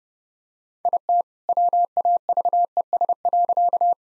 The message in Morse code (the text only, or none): IT WAVES.